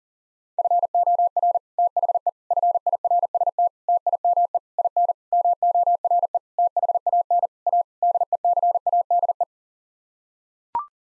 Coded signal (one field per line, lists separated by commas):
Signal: Morse code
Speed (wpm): 37 wpm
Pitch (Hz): 700 Hz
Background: none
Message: FOR THE FIRST TIME IN MORE THAN A DECADE